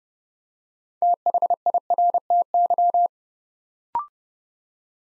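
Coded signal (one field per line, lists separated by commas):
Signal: Morse code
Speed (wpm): 30 wpm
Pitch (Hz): 700 Hz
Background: none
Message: THIRTY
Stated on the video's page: Morse practice at 30 wpm building 6-letter words two letters at a time, for instant character recognition training.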